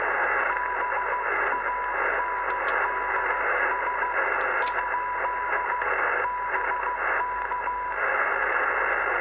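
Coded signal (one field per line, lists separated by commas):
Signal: Morse code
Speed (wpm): 15 wpm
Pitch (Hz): 990 Hz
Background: radio noise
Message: BANDS?BK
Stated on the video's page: Heard on the amateur 80 metre (3.5 MHz) band.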